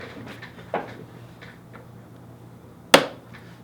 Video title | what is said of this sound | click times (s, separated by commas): What's New: Redcat Everest Gen7 Pro & Sport Scale Rock Crawler Trucks | just drops right in the rear shock tower post and then snaps | 2.9 s